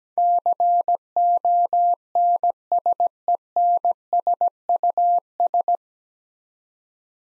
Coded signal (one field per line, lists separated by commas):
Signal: Morse code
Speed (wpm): 17 wpm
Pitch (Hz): 700 Hz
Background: none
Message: CONSENSUS